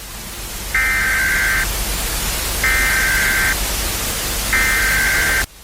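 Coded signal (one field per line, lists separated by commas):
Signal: Emergency Alert System (SAME) tones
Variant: header bursts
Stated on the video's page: Fictional EAS scenario in an analog horror work.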